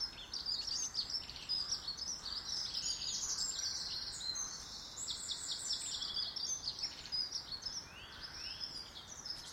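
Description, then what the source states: Birds in full song: a continuous, busy chorus of high, rapid chirps and trills with barely a pause. Birds heard in a garden.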